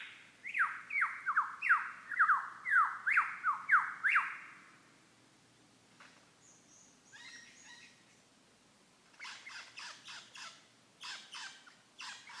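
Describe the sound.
Lyrebird song: a fast series of bright whistles sliding downward, then a pause and a burst of harsh buzzy rattling notes.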